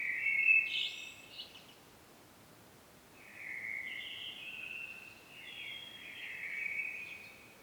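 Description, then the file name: Common blackbird song with a short squeaky phrase, a pause, then a longer smooth warbled phrase drifting between pitches, over soft steady hiss. "Turdus merula"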